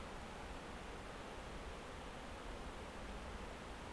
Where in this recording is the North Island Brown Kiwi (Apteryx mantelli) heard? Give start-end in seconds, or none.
none